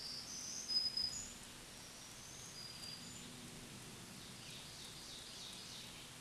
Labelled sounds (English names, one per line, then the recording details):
Black-throated Green Warbler song
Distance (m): 30 m
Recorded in a Pennsylvania forest on 1 June 2023 at 08:59
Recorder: AudioMoth, point grid3_38_high
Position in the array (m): 216 m, 140 m